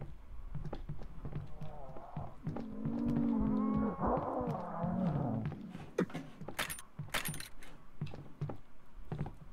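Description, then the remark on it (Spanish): Two goats bleat in a long, wavering, nasal call lasting a few seconds, followed by brief bright metallic clinks like jangling keys amid low background rustle. “A ver, tenemos dos cabras.”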